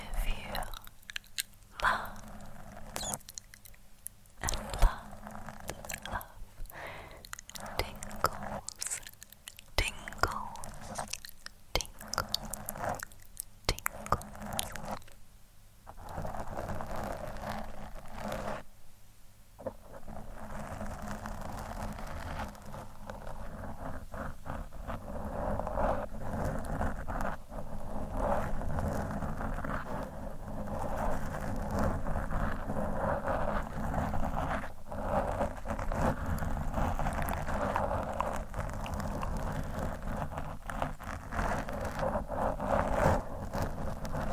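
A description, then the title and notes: Scratching and rubbing against a microphone, heard as rough bursts of scraping that come in quick, irregular strokes for the first twenty seconds. After that the scraping runs together into a denser, steadier rasp with a low rumble underneath, continuing to the end. Mic Scratching.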